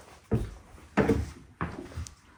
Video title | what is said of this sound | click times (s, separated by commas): Ford Transit Camper Van Conversion Build Update | and fold seat, again, locks into place. | 1.6 s